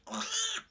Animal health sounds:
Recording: pig call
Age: piglet (1 to 25 days)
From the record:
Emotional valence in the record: negative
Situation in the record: restrain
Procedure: back test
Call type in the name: high-frequency call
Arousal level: low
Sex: female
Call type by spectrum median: high-frequency call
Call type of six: mixed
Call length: 0.71 s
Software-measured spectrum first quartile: 2444 Hz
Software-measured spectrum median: 4268 Hz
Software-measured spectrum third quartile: 6708 Hz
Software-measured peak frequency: 3126 Hz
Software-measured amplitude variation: 164 dB a second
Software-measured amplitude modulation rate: 19.0 a second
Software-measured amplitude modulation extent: 8.6 dB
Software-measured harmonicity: 2.9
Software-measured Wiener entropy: -1.91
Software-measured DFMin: 968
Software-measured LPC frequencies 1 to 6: 1390, 3068, 3523, 4863, 6222, 6826 Hz

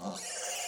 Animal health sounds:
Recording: pig call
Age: piglet (1 to 25 days)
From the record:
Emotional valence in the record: negative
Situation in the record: short isolation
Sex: female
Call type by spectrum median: high-frequency call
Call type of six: mixed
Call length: 0.68 s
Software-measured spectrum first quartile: 1092 Hz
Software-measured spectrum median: 3791 Hz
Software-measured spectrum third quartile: 6988 Hz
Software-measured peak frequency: 713 Hz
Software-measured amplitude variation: 69 dB a second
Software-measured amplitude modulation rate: 24.2 a second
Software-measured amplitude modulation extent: 2.9 dB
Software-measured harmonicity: 0.8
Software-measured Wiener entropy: -1.87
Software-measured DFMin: 1204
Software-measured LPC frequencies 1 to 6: 674, 1699, 2870, 4289, 4960, 5732 Hz

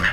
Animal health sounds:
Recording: pig call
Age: piglet (1 to 25 days)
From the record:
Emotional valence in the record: positive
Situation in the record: reunion after long isolation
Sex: female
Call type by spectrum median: low-frequency call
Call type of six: low-frequency tonal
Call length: 0.13 s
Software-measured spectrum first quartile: 664 Hz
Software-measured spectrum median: 1539 Hz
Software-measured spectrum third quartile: 1924 Hz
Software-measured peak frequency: 1756 Hz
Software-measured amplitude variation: 85 dB a second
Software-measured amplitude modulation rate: 3.9 a second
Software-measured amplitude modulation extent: 21.8 dB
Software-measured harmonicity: 3.0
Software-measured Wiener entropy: -1.57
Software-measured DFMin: 918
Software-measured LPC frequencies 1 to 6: 1799, 2821, 4709, 5410, 6500, 7712 Hz

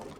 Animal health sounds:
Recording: pig call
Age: piglet (1 to 25 days)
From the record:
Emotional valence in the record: negative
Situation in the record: short isolation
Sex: female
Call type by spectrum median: low-frequency call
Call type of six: low-frequency tonal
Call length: 0.20 s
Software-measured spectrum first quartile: 343 Hz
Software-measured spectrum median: 616 Hz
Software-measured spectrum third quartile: 1462 Hz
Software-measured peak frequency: 407 Hz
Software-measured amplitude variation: 134 dB a second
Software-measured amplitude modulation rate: 19.7 a second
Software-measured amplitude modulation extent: 6.8 dB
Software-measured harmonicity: -0.8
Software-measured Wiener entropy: -0.86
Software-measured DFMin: 892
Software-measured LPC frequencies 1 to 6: 519, 2015, 2930, 3569, 4341, 5235 Hz

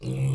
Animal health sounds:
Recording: pig call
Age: weaner (32 to 43 days)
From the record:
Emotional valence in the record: negative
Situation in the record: short isolation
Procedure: open field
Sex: female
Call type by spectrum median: low-frequency call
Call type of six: low-frequency stable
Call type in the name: low-frequency stable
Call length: 0.35 s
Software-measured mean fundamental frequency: 66 Hz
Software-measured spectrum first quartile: 132 Hz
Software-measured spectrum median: 178 Hz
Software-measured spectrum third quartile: 565 Hz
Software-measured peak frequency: 132 Hz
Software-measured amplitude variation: 87 dB a second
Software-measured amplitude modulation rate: 22.5 a second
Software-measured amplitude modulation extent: 3.8 dB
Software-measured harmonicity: 6.2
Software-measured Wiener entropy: -1.20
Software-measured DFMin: 1285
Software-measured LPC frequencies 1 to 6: 2534, 3241, 4128, 5121, 6176, 7464 Hz

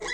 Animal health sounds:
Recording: pig call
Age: weaner (32 to 43 days)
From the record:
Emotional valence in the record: negative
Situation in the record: long isolation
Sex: female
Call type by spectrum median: low-frequency call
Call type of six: high-frequency stable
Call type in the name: high-frequency stable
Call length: 0.14 s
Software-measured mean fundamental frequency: 220 Hz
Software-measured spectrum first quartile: 1256 Hz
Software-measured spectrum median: 2028 Hz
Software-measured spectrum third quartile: 3998 Hz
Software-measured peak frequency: 2003 Hz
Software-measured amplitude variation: 76 dB a second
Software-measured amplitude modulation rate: 25.0 a second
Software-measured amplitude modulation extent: 3.0 dB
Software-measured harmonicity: 4.5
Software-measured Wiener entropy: -2.55

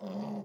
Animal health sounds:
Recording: pig call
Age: piglet (1 to 25 days)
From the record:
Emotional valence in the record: negative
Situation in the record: long isolation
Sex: male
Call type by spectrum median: low-frequency call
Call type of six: low-frequency modulated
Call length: 0.45 s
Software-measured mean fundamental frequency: 51 Hz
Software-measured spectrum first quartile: 203 Hz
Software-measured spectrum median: 311 Hz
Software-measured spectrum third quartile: 655 Hz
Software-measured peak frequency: 202 Hz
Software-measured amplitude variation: 100 dB a second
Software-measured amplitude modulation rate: 23.2 a second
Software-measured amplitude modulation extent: 4.3 dB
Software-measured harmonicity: 5.7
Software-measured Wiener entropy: -0.36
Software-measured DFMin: 899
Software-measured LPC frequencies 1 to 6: 2773, 3410, 4807, 5994, 6755, 10054 Hz

